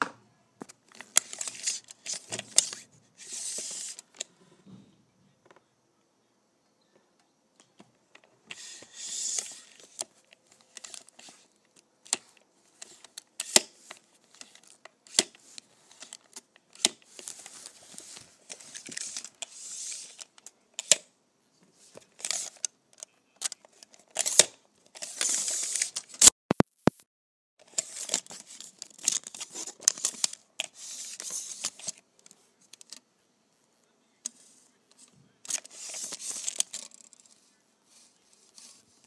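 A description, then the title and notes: A tape measure is pulled out and let back in, with sharp clicks, ratcheting rattles and brief whirring bursts scattered through the recording. Short bright clatters come in irregular clusters, separated by quiet pauses. ASMR Pulling my Tape Measure.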